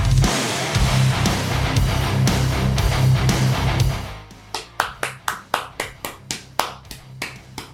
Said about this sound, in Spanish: Hola Metalheads, esta pedazo de ovación no es para nosotros, ni siquiera para nuestra fantástica audiencia, ni para el especial que se viene el viernes que viene en el programa 300, ni por el pase de España a la final.